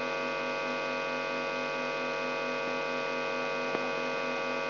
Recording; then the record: brain microelectrode recording played as sound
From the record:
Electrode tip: outside the subthalamic nucleus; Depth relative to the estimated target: -8 mm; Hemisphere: right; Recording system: AlphaMap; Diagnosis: Parkinson's disease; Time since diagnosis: 17 years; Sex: male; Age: 64 years